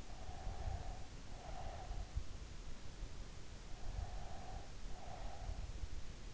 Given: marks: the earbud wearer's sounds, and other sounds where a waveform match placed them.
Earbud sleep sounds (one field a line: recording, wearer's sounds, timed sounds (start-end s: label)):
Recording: sounds in sleep by an in-ear microphone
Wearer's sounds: breath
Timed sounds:
0.17-2.03 s: breath
4.08-5.69 s: breath